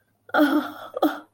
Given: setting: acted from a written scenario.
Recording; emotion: vocal sound without words; sadness